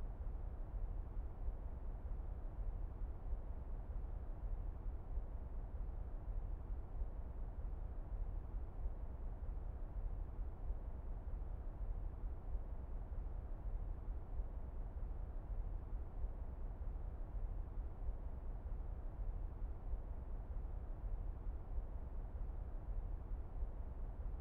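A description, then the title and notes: Deep brown noise rumbles without a break, heaviest in the low end and thinning out toward a soft, muffled top with almost no brightness. The level holds perfectly even across the whole stretch, a dense wash like engine roar with no separate events. Deep Clouds Brown Noise.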